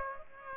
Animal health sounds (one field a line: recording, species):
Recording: mosquito wingbeat signal from an infrared sensor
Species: Aedes aegypti